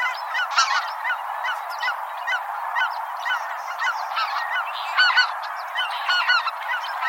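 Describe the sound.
Bird chorus of many overlapping honking, yelping calls, steady and unbroken, with brighter individual notes popping out repeatedly.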